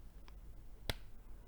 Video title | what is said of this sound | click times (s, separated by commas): 3D printed upgrades and mods for the Hifiman Edition XS | There you go, click, and then do it up, and then you know that it's fallen down into the thread and you're not going to be cutting a new thread | 0.9 s